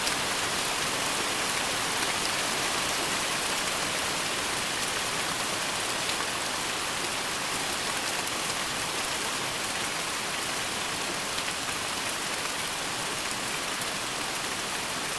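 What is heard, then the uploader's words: Steady autumn rain falls outside, a dense, even hiss that holds the same level for the whole stretch. Countless fine drops blur together into a bright wash, with faint patters scattered through it and no other sounds breaking in. Fall rain. Recording of the rain outside with some light processing.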